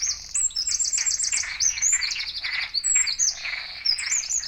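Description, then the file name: Eurasian wren song, a loud rapid run of high trills and sharp notes throughout. "Troglodytes troglodytes"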